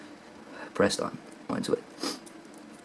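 While working on a 2008 unibody MacBook Pro, the laptop speaker cable connector is handled over its logic board socket, with someone talking throughout. A short sharp sound comes at about 2.0 s, but nothing has seated or clicked yet by the end of the clip.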